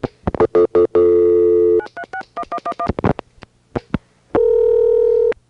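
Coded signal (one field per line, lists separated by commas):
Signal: DTMF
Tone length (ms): 70 ms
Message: 9361111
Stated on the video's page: Tones excerpted from demonstrations of software bugs in 1980s Centrex telephone switches.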